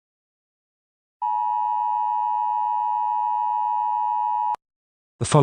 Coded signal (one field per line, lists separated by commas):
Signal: Emergency Alert System (SAME) tones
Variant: 853 and 960 Hz attention tone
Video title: EAS Scenario #37: Bloody Painter attack.